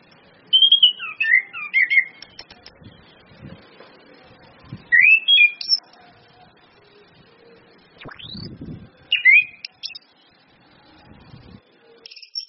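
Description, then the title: Orange-headed thrush giving several varied whistled phrases, some rising and some tumbling, spaced a few seconds apart, with dull low knocks and thuds between them. Indonesian bird-training lure of ngeplong-style song with female whistles, meant to make birds sing actively. "PANCINGAN anis kembang ngeplong dan SUITAN BETINA"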